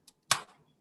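The base of a plastic twist-type dry powder inhaler is turned once in the direction of the arrows, giving a faint tick near 0.1 s and a sharp, bright click at 0.3 s that fades quickly. The base clicks into place and the dose is loaded.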